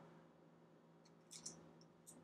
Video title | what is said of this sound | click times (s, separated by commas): Sony RX100 VII Review - Real World Perspective | it's just an SD card clicks right in there like so | 1.5 s